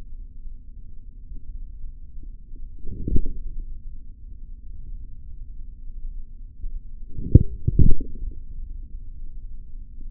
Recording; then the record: forearm muscle sounds (acoustic myography)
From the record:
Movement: forearm pronation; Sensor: system 3, bracelet of six PUI Audio POM-2738L microphones around the upper forearm, with dedicated amplification and filtering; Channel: 1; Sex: male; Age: 43 years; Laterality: right